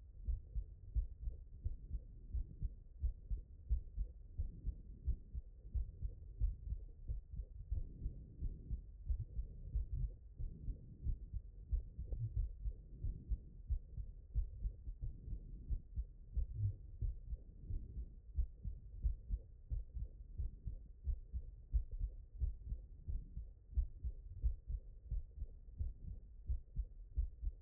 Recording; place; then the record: heart sounds by stethoscope; mitral valve (MV)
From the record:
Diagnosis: HFrEF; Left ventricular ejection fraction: 23%